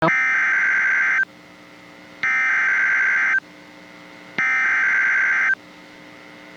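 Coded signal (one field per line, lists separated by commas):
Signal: Emergency Alert System (SAME) tones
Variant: header bursts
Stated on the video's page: Severe thunderstorm warning alert tones, stated to be valid EAS tones.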